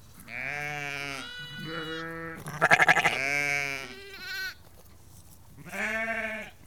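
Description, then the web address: Sheep calling, a series of bleats including one strongly trembling, stuttering bleat. About 30 to 50 ewes and lambs calling. "The BBC Sound Effects Library Livestock About 30-50 Ewes and Lambs Calling"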